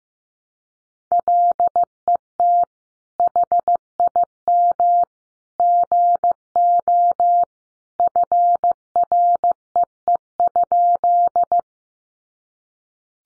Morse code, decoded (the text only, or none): LET HIM GO FREE?